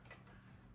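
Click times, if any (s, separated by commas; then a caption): 0.1 s, 0.3 s. An applicator connector is pulled into line by magnets and snaps into a shockwave therapy generator. Two short clicks are heard at 0.1 s and 0.3 s over a low steady hum, and the connector seats in place.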